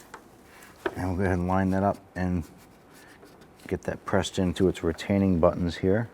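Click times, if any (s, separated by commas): 0.9 s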